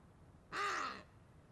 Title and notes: Wattled Ibises On The Sanetti Plateau. A small group of Wattled Ibis feeding on crags in the Sanetti Plateau